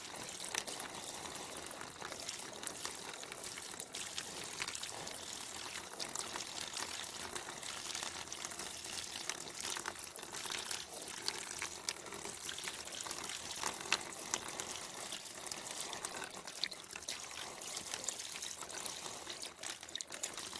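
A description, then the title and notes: Water from a bamboo fountain runs steadily, a dense, bright trickling and splashing that stays even throughout. Small irregular splashes flicker constantly without any clear pauses, and the low end stays quiet, with no other sounds standing out. Gentle sounds of a bamboo water fountain.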